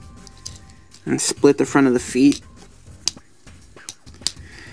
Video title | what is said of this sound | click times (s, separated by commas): Transformers Combiner Wars TITAN CLASS DEVASTATOR (2015) Toy Review | make sure they click do the same and split | 0.5 s